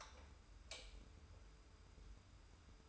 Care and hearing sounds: daily activity, microphone in the room; light on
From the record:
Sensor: 2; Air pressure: 990.8 hPa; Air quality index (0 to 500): 121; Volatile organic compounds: 89 ppm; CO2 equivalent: 3674 ppm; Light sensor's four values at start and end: 25/60/24/24 and 30/77/31/31

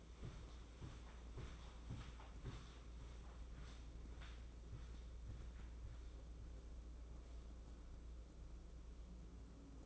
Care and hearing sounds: daily activity, microphone in the room; walk to room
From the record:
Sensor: 1

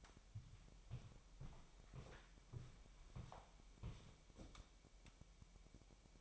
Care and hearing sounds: daily activity, microphone in the room; walk to room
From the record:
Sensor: 1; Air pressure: 1002.0 hPa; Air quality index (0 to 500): 248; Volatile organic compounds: 52 ppm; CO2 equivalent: 3323 ppm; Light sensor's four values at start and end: 6/15/6/7 and 6/14/6/6

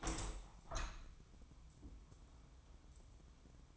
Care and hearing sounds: daily activity, microphone in the room; open window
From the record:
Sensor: 1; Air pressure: 1000.4 hPa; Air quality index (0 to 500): 166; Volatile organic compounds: 3 ppm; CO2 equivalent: 1522 ppm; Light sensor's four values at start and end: 11/26/11/12 and 12/28/11/13

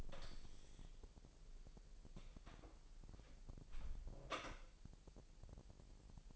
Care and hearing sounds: daily activity, microphone in the room; close door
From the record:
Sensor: 5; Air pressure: 1001.3 hPa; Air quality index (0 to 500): 248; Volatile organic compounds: 35 ppm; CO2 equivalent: 3064 ppm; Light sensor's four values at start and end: 36/83/33/31 and 36/83/33/31

